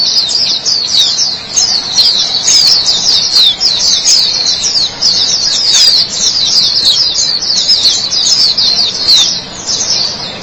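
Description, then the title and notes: White-eye in sustained, fast high twittering song, sharp sliding notes strung together almost without pause. White-eye chirping song. "Kicauan Burung Pleci Durasi Panjang. Suara kicauan burung pleci"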